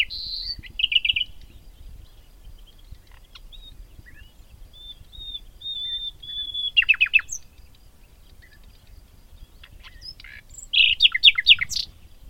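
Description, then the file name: Common nightingale song: loud opening notes, then a series of soft pure whistles, followed by rapid chattering bursts of repeated notes. "Luscinia megarhynchos"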